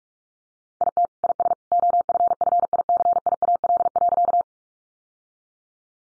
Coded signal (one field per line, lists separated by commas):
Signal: Morse code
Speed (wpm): 44 wpm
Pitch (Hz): 700 Hz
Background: none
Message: IT IS OFFICIAL.